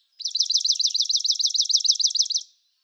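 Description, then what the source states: Swamp Sparrow song: a dry, even trill of many rapid, identical chipping notes delivered at a steady pace for over two seconds, with no other sounds. Chocolate brown atop the wings.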